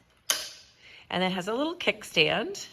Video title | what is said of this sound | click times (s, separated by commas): Gotrax GXL V2 Electric Scooter for Adult | And it easily locks into place. | 0.3 s